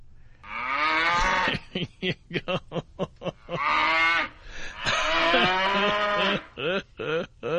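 A cow moos loudly several times, long wavering bellows broken up by short choppy bursts of lowing, with no other sounds between the calls.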